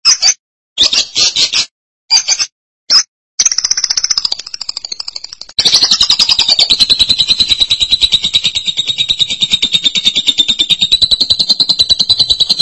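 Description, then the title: Lovebird song: several short bursts of shrill chatter, then a long, fast, buzzy run of high squeaky notes that slowly drops in pitch. "BM Suara Burung Lovebird"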